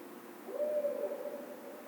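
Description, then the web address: Barred owl hoot: one level, prolonged note that rises in at the start and trails off gradually against a quiet background. Recorded 16 March 2010. "Barred Owl 2010 03 16 Barred Owl"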